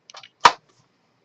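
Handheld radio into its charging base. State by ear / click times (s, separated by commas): seated / 0.5 s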